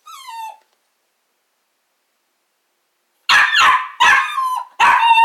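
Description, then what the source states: Small dog giving one falling whine, a pause, then a few quick sharp barks. Small dog barking, with a piercing echo.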